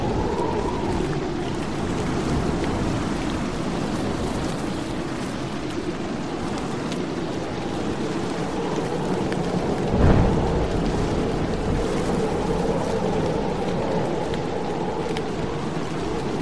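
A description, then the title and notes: Rain and wind make a steady, dense wash of sound with a deep rumble underneath and a faint tone that rises and falls. Around ten seconds a short, sharp crack cuts through, then the even downpour carries on unchanged to the end. Thunder, Wind, and Rain for Relaxation. Serene thunderstorm ambiance. Tranquil soundscape with thunder and rain. Soothing thunder, wind, and rain.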